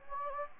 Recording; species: mosquito wingbeat signal from an infrared sensor; Anopheles gambiae